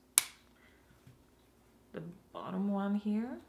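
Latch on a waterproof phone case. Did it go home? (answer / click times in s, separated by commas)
yes / 0.2 s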